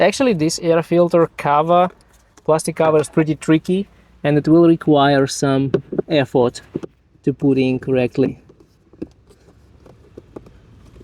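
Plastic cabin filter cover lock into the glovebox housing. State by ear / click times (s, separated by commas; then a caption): not seated / none. Someone talks while working the plastic cabin filter cover lock into the glovebox housing of a 2015-2019 Kia Soul EV, followed by several faint knocks between about 9.0 and 10.5 seconds. The lock does not want to go in, so nothing has seated or clicked yet.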